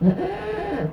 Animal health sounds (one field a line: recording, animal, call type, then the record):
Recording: contact call of a hoofed animal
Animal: goat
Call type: low-frequency (closed-mouth) or high-frequency (open-mouth) call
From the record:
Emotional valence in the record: negative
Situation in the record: food frustration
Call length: 0.92 s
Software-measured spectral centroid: 1080 Hz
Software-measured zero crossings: 1020 a second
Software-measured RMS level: -23 dBFS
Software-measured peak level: -6 dBFS